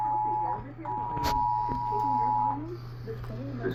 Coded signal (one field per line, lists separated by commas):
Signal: Emergency Alert System (SAME) tones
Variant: 853 and 960 Hz attention tone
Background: speech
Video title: Eas Cae on KUHT-TV Eas#1785